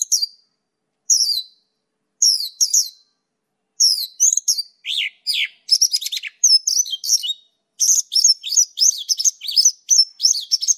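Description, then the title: Bird song: high chirps and rapid buzzy trills, starting in short bursts about every second, then turning into a dense, continuous, varied chatter. Used for training birds. "LuckyBurung MasteranBest"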